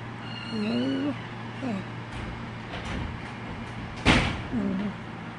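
door opening or closing

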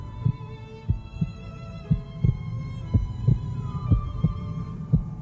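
heartbeat sound effect

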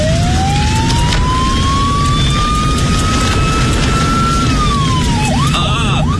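police car siren

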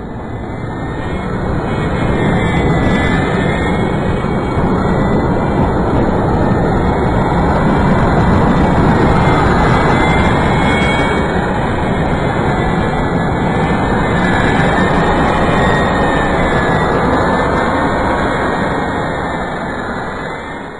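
jet airplane taking off

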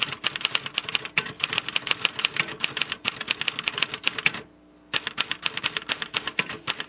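typewriter keys clacking

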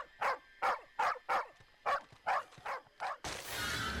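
dog

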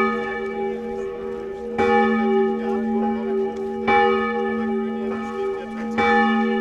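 church bells ringing

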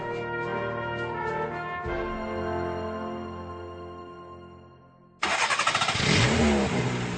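engine starting

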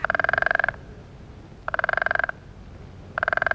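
frog croaking

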